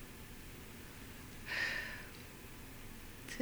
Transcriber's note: she sighs